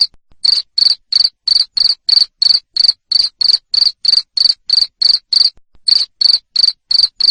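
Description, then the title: Cricket sounding rapid high-pitched chirps, steady and loud at roughly three per second, with a brief pause late on. Loud cricket chirping (ngerik) to stimulate lovebirds into continuous singing (ngekek). "Suara JANGKRIK NGERIK Keras Bikin LOVEBIRD Jadi NGEKEK Terus Vubey"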